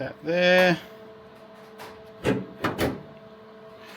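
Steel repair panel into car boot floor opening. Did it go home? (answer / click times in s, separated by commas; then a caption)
yes / 2.6 s. Someone talks briefly, then a hand-made sheet steel repair panel is set into the cut-out in the rusty boot floor of an old car, with a few short metallic knocks. The panel clicks into place at about 2.7 seconds and is seated.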